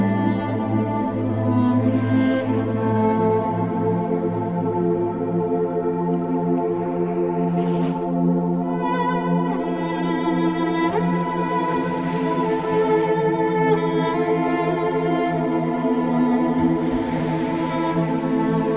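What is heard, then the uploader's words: Piano plays sustained, overlapping low and middle notes at an even volume, with fresh chords struck roughly every five seconds. Beautiful Piano.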